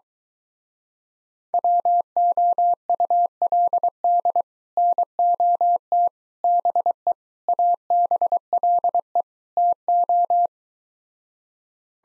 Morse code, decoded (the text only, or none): WOULD NOT BE ABLE TO